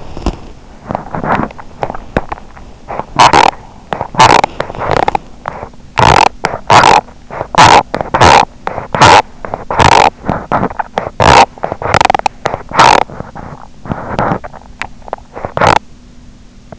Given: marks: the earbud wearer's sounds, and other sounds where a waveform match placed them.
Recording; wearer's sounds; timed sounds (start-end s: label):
sounds in sleep by an in-ear microphone; body movement, teeth grinding
0.00-2.86 s: body movement
0.00-16.79 s: teeth grinding